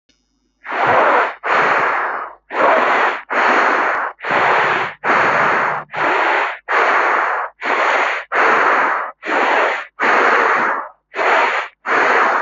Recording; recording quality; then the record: shallow breathing; excellent, no background noise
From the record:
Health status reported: healthy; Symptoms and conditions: none ticked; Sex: male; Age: 28 years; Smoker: not ticked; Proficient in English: yes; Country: India